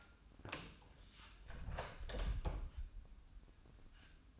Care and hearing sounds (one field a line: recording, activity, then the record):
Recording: daily activity, microphone in the room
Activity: close door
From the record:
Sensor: 2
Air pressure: 1004.8 hPa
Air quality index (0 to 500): 68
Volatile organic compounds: 1 ppm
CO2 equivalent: 800 ppm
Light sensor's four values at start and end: 7/17/7/7 and 7/17/7/7